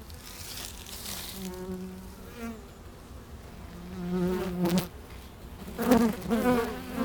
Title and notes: Meise, Belgique - Abeilles - Bees. Pavillon des abeilles, micros placés à l'entrée de la ruche. Meise, botanical garden. Pavilion bees, microphones placed at the entrance of the hive